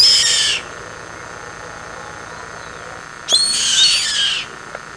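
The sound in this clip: Bird giving two harsh, hissing screeches, the first short and the second about a second long, over a steady faint hum.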